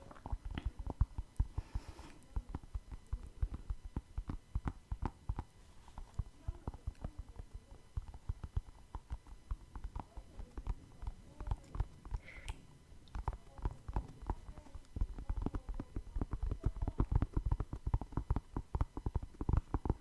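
Dense, rapid tapping continues for the whole clip, with irregular quick clicks and knocks, a few brighter ticks, and no talking.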